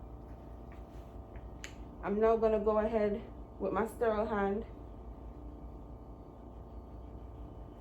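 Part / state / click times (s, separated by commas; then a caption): inner cannula into tracheostomy tube / seated / 1.6 s. After cleaning, an inner cannula is carefully pushed back into a tracheostomy tube and snaps into place with one sharp, short click at 1.6 s. Someone then talks from about 2.1 to 4.6 s over a faint, steady background hum, confirming the inner cannula is seated.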